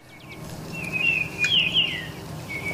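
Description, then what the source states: Baltimore oriole song: a few clear, slurred whistled notes, some rising and falling, over a low steady background hum. Heard during spring migration outside Boston by a group of birders.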